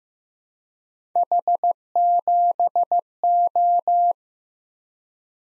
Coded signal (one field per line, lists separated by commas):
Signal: Morse code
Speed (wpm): 15 wpm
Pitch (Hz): 700 Hz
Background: none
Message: H7O